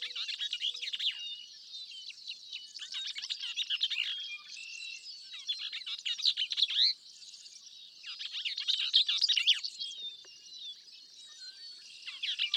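Bell's vireo producing dense, rapid, scratchy phrases in long bursts separated by short pauses, rising and falling in loudness, over a steady high background buzz.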